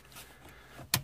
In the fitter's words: si fa fare lo scatto avete sentito il clac